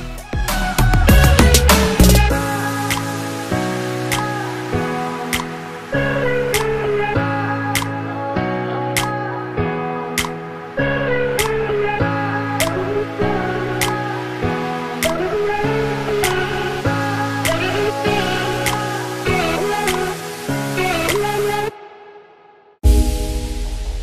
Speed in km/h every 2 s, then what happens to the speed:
0, 0, 23, 32, 35, 35, 32, 27, 26, 23, 21, 19.
0-2 standing. 2-7 pulls away to 35. 10-24 slows to 19.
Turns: none.